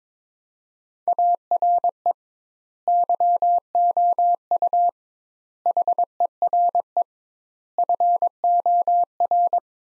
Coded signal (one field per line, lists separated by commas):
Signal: Morse code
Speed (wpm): 21 wpm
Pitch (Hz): 700 Hz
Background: none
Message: ARE YOU HERE FOR